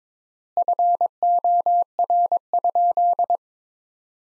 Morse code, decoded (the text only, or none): FOR?